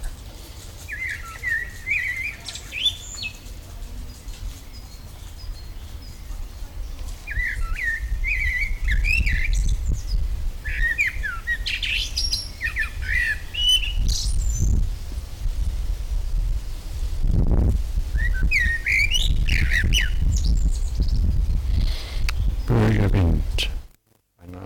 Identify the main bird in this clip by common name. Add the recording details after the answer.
Common Blackbird. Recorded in the wild. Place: Schloßpark Niederschönhausen, Berlin, DE. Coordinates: 52.58, 13.4. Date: 1996-05-18 12:58. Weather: sonnig, 17°C. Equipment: Sony MD-WM MZ-R3, Sennheiser MKH 416 T, Kopie Uher 4000 Report Monitor. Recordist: Tembrock, Günter. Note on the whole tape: Gesang (längere Strecke)